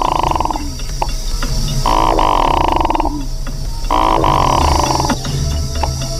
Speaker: The Hooded Merganser is a quiet bird, except during courtship, when the male makes this sound.